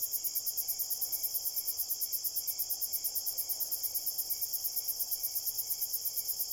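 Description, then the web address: Crickets chirping steadily at high pitch, a fast even pulsing about four pulses a second over a continuous dense high buzz, no other sounds. Crickets at night in a cornfield. "Big Room Sound Crickets"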